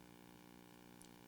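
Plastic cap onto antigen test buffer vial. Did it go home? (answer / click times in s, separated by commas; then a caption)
yes / 1.0 s. A blue plastic lid is pushed onto a rapid antigen test buffer vial with the swab left inside, over a steady hiss with low humming tones. A short, sharp snap is heard at 1.0 s, and the cap is seated and sealed.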